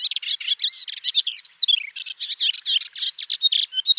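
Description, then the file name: Melodious warbler in full song: jumbled twittering notes, a smooth rising-and-falling whistle, then quick chirps ending in a few short pure notes. "Hypolais polyglotte"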